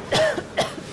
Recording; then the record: coughing mixed with background sound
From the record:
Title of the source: Coughing Woman Sound - Woman Cough Sound Effect